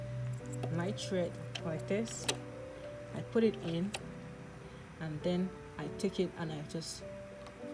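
A wound bobbin is handled next to the metal bobbin case of a Singer 4452 sewing machine while someone talks over background music. There are a few faint handling taps, but the clip ends before the bobbin is pressed in, so nothing has seated or clicked yet.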